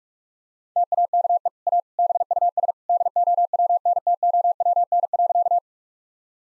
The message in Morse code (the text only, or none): TAKE A BUS DOWNTOWN.